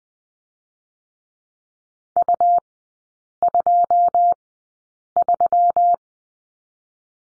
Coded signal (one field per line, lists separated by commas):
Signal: Morse code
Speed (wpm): 20 wpm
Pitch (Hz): 700 Hz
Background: none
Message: U23